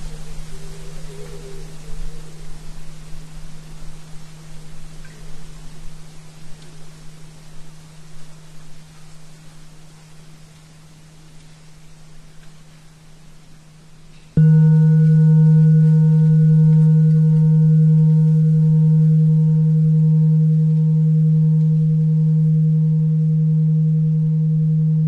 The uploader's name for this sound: 77.4 Hz